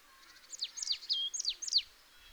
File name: Poecile palustris